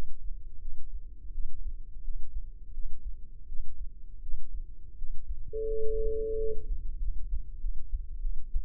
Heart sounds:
heart sounds by microphone in the left ear; 87 bpm
0.59 s: heartbeat
1.32 s: heartbeat
2.02 s: heartbeat
2.72 s: heartbeat
3.46 s: heartbeat
4.20 s: heartbeat
4.96 s: heartbeat
5.65 s: heartbeat
6.36 s: heartbeat
6.98 s: heartbeat
7.59 s: heartbeat
8.20 s: heartbeat
From the record:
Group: healthy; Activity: breath hold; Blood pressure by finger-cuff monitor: 100/65 mmHg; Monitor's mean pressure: 75 mmHg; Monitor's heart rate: 87 bpm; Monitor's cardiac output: 6.7 L/min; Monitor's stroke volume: 78 mL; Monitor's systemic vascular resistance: 800 dyn s/cm5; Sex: female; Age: 19 years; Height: 163 cm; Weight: 48.9 kg

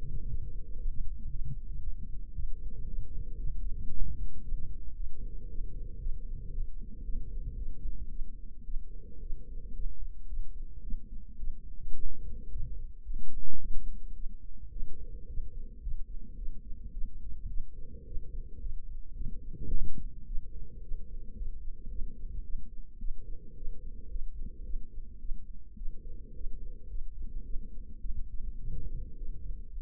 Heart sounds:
heart sounds by microphone in the left ear; 110 bpm
0.28 s: heartbeat
0.79 s: heartbeat
1.30 s: heartbeat
1.82 s: heartbeat
2.35 s: heartbeat
2.87 s: heartbeat
3.38 s: heartbeat
3.90 s: heartbeat
4.42 s: heartbeat
4.95 s: heartbeat
5.49 s: heartbeat
6.00 s: heartbeat
6.52 s: heartbeat
7.03 s: heartbeat
7.56 s: heartbeat
8.09 s: heartbeat
8.65 s: heartbeat
9.20 s: heartbeat
9.74 s: heartbeat
10.27 s: heartbeat
10.82 s: heartbeat
11.38 s: heartbeat
11.94 s: heartbeat
12.50 s: heartbeat
13.04 s: heartbeat
13.59 s: heartbeat
14.14 s: heartbeat
14.71 s: heartbeat
15.28 s: heartbeat
15.82 s: heartbeat
16.36 s: heartbeat
16.92 s: heartbeat
17.48 s: heartbeat
18.05 s: heartbeat
18.60 s: heartbeat
19.14 s: heartbeat
19.70 s: heartbeat
20.26 s: heartbeat
20.81 s: heartbeat
21.35 s: heartbeat
21.89 s: heartbeat
22.43 s: heartbeat
22.99 s: heartbeat
23.55 s: heartbeat
24.09 s: heartbeat
24.63 s: heartbeat
25.19 s: heartbeat
25.76 s: heartbeat
26.34 s: heartbeat
26.88 s: heartbeat
27.44 s: heartbeat
28.00 s: heartbeat
28.58 s: heartbeat
29.16 s: heartbeat
29.71 s: heartbeat
From the record:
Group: healthy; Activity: rest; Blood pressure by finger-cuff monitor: 121/67 mmHg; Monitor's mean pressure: 83 mmHg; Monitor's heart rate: 109 bpm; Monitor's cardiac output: 9.1 L/min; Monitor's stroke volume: 84 mL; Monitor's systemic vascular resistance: 660 dyn s/cm5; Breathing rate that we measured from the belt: 21 breaths a minute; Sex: female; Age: 22 years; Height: 163 cm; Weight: 67.1 kg

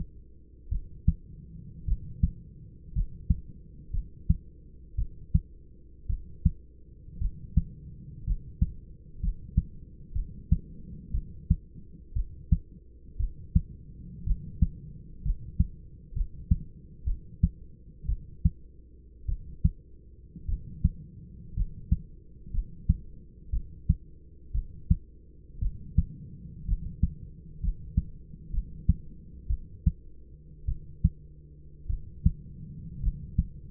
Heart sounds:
heart sounds by stethoscope; 58 bpm
0.69 s: heartbeat
1.85 s: heartbeat
2.93 s: heartbeat
3.91 s: heartbeat
4.96 s: heartbeat
6.07 s: heartbeat
7.19 s: heartbeat
8.25 s: heartbeat
9.20 s: heartbeat
10.13 s: heartbeat
11.12 s: heartbeat
12.14 s: heartbeat
13.17 s: heartbeat
14.24 s: heartbeat
15.23 s: heartbeat
16.14 s: heartbeat
17.05 s: heartbeat
18.07 s: heartbeat
19.26 s: heartbeat
20.46 s: heartbeat
21.55 s: heartbeat
22.52 s: heartbeat
23.51 s: heartbeat
24.52 s: heartbeat
25.60 s: heartbeat
26.66 s: heartbeat
27.61 s: heartbeat
28.51 s: heartbeat
29.48 s: heartbeat
30.66 s: heartbeat
31.87 s: heartbeat
33.01 s: heartbeat
From the record:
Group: healthy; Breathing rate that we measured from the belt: 10 breaths a minute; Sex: male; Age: 25 years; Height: 170 cm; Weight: 70.4 kg

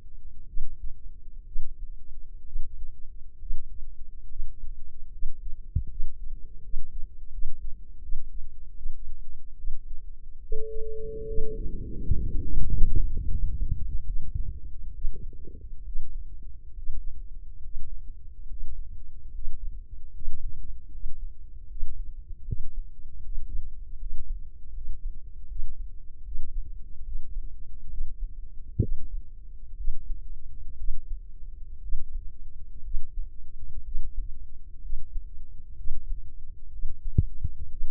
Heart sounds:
heart sounds by microphone in the left ear; 71 bpm
0.45 s: heartbeat
1.44 s: heartbeat
2.43 s: heartbeat
3.38 s: heartbeat
4.27 s: heartbeat
5.09 s: heartbeat
5.87 s: heartbeat
6.60 s: heartbeat
7.29 s: heartbeat
8.00 s: heartbeat
8.74 s: heartbeat
9.55 s: heartbeat
10.40 s: heartbeat
11.25 s: heartbeat
12.00 s: heartbeat
12.65 s: heartbeat
13.28 s: heartbeat
14.05 s: heartbeat
14.93 s: heartbeat
15.83 s: heartbeat
16.72 s: heartbeat
17.59 s: heartbeat
18.45 s: heartbeat
19.29 s: heartbeat
20.09 s: heartbeat
20.88 s: heartbeat
21.65 s: heartbeat
22.43 s: heartbeat
23.20 s: heartbeat
23.96 s: heartbeat
24.71 s: heartbeat
25.46 s: heartbeat
26.22 s: heartbeat
27.02 s: heartbeat
27.88 s: heartbeat
28.79 s: heartbeat
29.75 s: heartbeat
30.76 s: heartbeat
31.80 s: heartbeat
32.82 s: heartbeat
33.83 s: heartbeat
34.80 s: heartbeat
35.75 s: heartbeat
36.70 s: heartbeat
37.68 s: heartbeat
From the record:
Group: healthy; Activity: rest 0-9 s, breath hold 9-38 s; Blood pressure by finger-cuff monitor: 105/67 mmHg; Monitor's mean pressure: 76 mmHg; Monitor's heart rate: 69 bpm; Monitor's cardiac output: 5 L/min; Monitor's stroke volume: 75 mL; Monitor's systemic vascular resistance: 1050 dyn s/cm5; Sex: female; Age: 23 years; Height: 160 cm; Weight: 50.4 kg

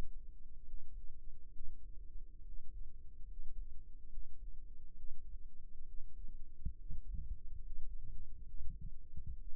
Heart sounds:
heart sounds by microphone in the right ear; 69 bpm
0.65 s: heartbeat
1.52 s: heartbeat
2.43 s: heartbeat
3.26 s: heartbeat
4.09 s: heartbeat
4.96 s: heartbeat
5.85 s: heartbeat
6.77 s: heartbeat
7.59 s: heartbeat
8.45 s: heartbeat
9.37 s: heartbeat
From the record:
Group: healthy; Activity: rest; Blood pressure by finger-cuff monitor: 99/57 mmHg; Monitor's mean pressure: 70 mmHg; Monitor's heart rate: 70 bpm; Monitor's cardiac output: 6.7 L/min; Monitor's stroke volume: 96 mL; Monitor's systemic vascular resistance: 740 dyn s/cm5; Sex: male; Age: 22 years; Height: 181 cm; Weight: 79 kg

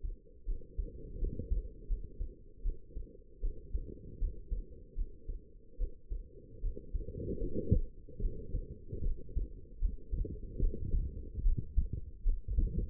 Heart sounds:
heart sounds by stethoscope; 76 bpm
0.46 s: heartbeat
1.20 s: heartbeat
1.88 s: heartbeat
2.63 s: heartbeat
3.41 s: heartbeat
4.19 s: heartbeat
4.96 s: heartbeat
5.78 s: heartbeat
6.62 s: heartbeat
7.39 s: heartbeat
8.21 s: heartbeat
9.03 s: heartbeat
9.80 s: heartbeat
10.60 s: heartbeat
11.43 s: heartbeat
12.24 s: heartbeat
From the record:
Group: healthy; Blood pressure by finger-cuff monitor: 94/71 mmHg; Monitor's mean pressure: 81 mmHg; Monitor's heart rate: 77 bpm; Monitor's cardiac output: 5.4 L/min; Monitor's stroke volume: 70 mL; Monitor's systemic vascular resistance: 1070 dyn s/cm5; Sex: female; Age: 19 years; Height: 163 cm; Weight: 51 kg

